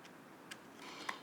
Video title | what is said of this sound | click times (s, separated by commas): Mini DLG and G-RX8 vario Rx | so the pod just clicks in and slides locked | 0.5 s, 1.1 s